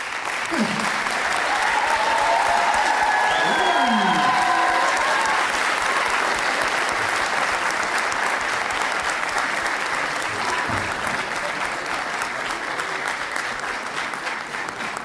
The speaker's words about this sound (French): Sur ce, mesdames et messieurs, je vous demande de faire un tonnerre d'applaudissements pour nos trois invités du week-end.